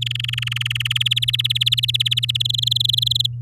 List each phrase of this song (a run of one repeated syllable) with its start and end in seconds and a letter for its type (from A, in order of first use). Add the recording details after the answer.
0.01-1.03 A, 1.05-2.42 B, 2.45-3.26 C. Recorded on 10 May 2018 at 14:56. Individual llb16